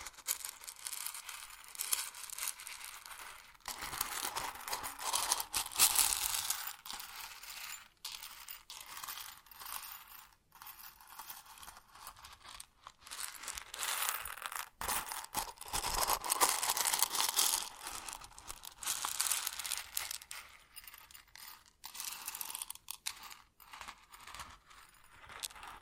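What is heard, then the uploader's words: Grain pours and shifts in a dense, gritty hiss of countless tiny impacts, bright and crisp with almost nothing low underneath. The flow comes in uneven surges, with brief near-silent breaks around 8, 10, 15 and 22 seconds before the rattling resumes. ASMR Grain Sounds (No Talking).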